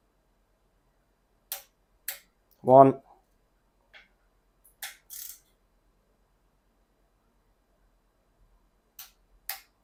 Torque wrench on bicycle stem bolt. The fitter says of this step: and just pinch it until it clicks again